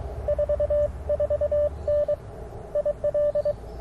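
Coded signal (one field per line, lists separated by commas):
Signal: Morse code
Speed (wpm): 21 wpm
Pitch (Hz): 590 Hz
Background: none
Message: 44N IL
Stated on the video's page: QRP CW Parks on the Air activation at a national forest, using an Icom IC-705, AlexLoop magnetic loop antenna and BaMaKeY TP-III paddles.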